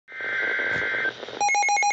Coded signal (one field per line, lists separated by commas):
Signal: Emergency Alert System (SAME) tones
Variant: header bursts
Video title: EAS Severe Thunderstorm Warning for My Counties!